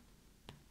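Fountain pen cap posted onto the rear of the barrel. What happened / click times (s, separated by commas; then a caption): The cap clicked onto the barrel end / 0.5 s. The cap of a Lamy Studio LX fountain pen is posted onto the rear end of the barrel and snaps on with a single short, sharp click at 0.5 s, over a quiet background. The posted cap clicks into place and sits securely with no play.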